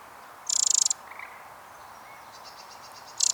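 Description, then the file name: Eurasian wren rattling call: a short, high, rapidly pulsed burst near the start and another at the end, with faint quiet chips between over steady low background hiss. "Troglodytes troglodytes"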